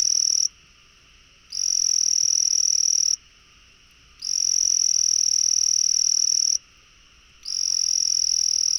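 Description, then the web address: Frog: sustained shrill trills of one and a half to two and a half seconds, alternating regularly with short silences, over a quiet background. "frog rec 150520"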